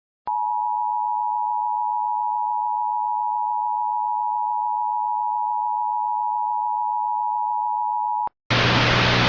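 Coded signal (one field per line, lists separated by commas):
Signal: Emergency Alert System (SAME) tones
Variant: 853 and 960 Hz attention tone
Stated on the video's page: Mock (simulated) EAS particularly dangerous situation tornado warning for a fictional region, containing valid EAS tones.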